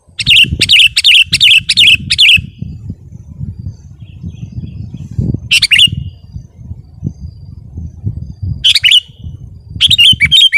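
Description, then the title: Sooty-headed bulbul: an opening burst of rapid chirpy phrases, then scattered single phrases, over a steady low rumbling background noise. "kutilang"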